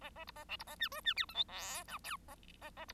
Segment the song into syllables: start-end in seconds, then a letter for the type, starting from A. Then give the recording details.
0.01-0.10 A, 0.15-0.24 A, 0.27-0.31 B, 0.35-0.44 A, 0.48-0.56 C, 0.59-0.64 B, 0.66-0.76 A, 0.79-0.89 D, 0.91-1.01 E, 1.04-1.14 D, 1.16-1.25 F, 1.28-1.34 G, 1.34-1.44 H, 1.48-1.84 I, 1.87-1.98 J, 2.03-2.17 K, 2.28-2.35 A, 2.61-2.70 A, 2.76-2.85 A, 2.88-2.93 B. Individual Bird1